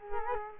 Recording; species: mosquito wingbeat signal from an infrared sensor; Culex quinquefasciatus